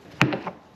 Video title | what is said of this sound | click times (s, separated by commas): 2013-2017 Chevy Traverse Hood Prop Lift Support Replacement Easy DIY | pop it off the top again | 0.2 s